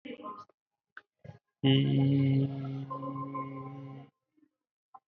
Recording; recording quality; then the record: sustained vowel as in beet; excellent, no background noise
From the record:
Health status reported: healthy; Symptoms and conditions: none ticked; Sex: male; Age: 38 years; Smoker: not ticked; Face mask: not worn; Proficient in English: yes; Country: India